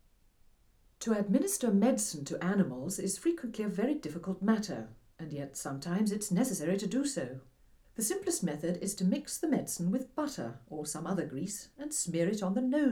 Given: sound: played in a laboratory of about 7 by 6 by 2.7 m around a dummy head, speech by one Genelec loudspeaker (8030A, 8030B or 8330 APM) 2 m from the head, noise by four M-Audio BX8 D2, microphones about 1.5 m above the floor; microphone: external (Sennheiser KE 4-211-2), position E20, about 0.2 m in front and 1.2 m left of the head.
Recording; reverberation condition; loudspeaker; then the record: female speech in English; low; 30 degrees to the left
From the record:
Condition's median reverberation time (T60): about 310 ms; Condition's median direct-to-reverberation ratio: about 3.5 dB